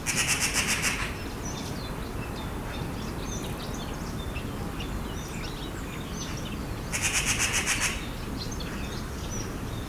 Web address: pub SETE data Pica pica